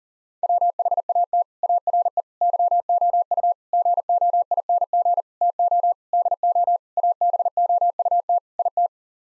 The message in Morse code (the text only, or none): WHAT ARE YOU GOING TO DO ABOUT IT